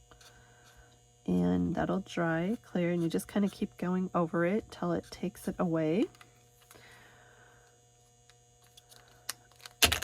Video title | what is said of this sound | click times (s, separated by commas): April Paper Pumpkin Alternatives from Paper Wishes | oops make sure you snap your lids back on tight on your markers you can hear them click that means they're on tight | 9.8 s, 9.9 s